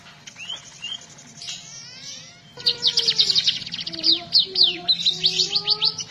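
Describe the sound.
Red-throated parrotfinch calls: a fast, busy run of thin, high chirps and short downslurred tsits, beginning after a quiet start and mixed with lower whistled notes.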